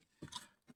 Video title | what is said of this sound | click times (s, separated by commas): Nouveau colis +Remplacement des deux commodos défaillant sur ma Peugeot 306 1,9 D | place. Magnifique. C'est bien emboîté là. | 0.4 s